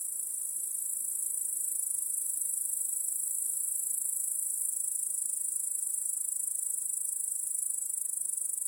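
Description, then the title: Crickets trilling together in a constant, very high-pitched hum, at even loudness after a brief quieter start. Crickets chorusing in a home backyard at night. "Crickets in Your Backyard 🏡. Discovering the Sounds of Home"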